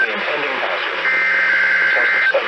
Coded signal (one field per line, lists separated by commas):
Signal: Emergency Alert System (SAME) tones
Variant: header bursts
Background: speech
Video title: MORE TESTING... EAS Tests from 3/1/2021-3/31/2021 (EAS #492-501)